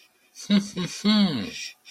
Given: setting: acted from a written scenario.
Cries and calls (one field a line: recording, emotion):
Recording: vocal sound without words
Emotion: interest